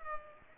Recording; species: mosquito wingbeat signal from an infrared sensor; Culex pipiens